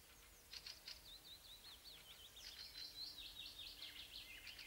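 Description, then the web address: Nightingale song: rapid high warbled phrases and trills running continuously, with a faint low hum beneath. Song of a wild-caught nightingale. "spiew slowika z polowu"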